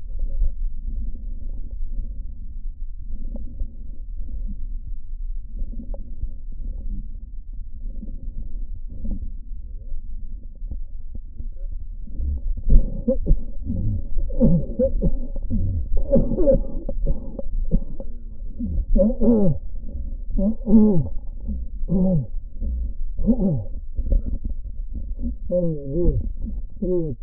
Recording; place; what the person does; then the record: lung sounds by stethoscope; right posterior basal chest; quiet breathing, then cough and speech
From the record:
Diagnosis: COPD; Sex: male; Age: 75 years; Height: 182 cm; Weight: 98 kg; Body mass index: 29.6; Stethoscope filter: diaphragm mode